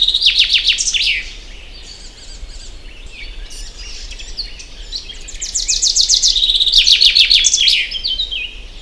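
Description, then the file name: Common chaffinch song: a bright, rapid trill of high notes falling in pitch, then a fainter stretch, then a louder, longer trill near the end. "Fringilla coelebs"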